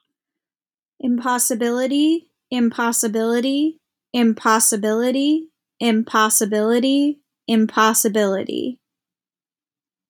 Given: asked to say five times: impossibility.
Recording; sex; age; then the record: repeated word; female; 20 to 29 years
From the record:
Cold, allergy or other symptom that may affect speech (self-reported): no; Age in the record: 29 years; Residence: Massachusetts, United States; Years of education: 20